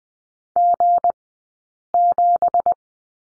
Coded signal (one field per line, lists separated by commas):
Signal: Morse code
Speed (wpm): 20 wpm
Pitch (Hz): 700 Hz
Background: none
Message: G7